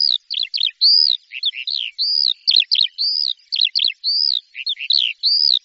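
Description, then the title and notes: Bird song of a repeated phrase: a clear arched whistle followed by quick downslurred chips, cycling several times. "Bird Sound. Kicau Burung Lengkap"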